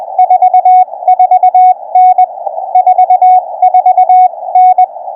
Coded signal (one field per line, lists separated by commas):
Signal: Morse code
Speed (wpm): 22 wpm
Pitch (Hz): 750 Hz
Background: radio noise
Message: 44N 44N